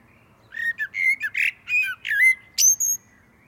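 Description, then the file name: Common blackbird singing a rich warbled fluty phrase of low whistles, ending in a sudden high, thin squeaky flourish. "Turdus merula"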